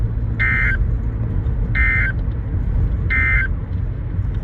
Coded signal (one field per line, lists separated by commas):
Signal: Emergency Alert System (SAME) tones